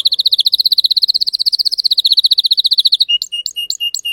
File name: canto do canario belga timbrado espanhol